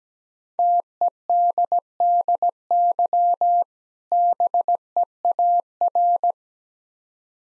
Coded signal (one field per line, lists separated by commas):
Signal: Morse code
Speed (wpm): 17 wpm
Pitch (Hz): 700 Hz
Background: none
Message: TEDDY BEAR